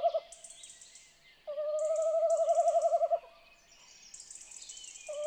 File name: chouette hulotte